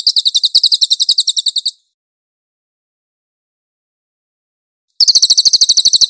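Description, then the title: Cililin gives a quick, high chattering trill, falls silent for about three seconds, then resumes the same fast run of notes. Master (tutor) song of the cililin, clear audio. "MASTER SANGAT BAGUS SUARA BURUNG CILILIN, AUDIO JERNIH"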